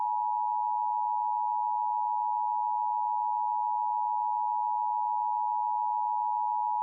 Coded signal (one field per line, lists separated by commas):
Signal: Emergency Alert System (SAME) tones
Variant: 853 and 960 Hz attention tone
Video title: *VALID TONES* Hurricane Jerry: The Second Chapter (EAS Scenario)